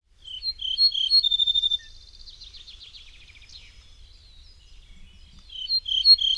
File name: ortolan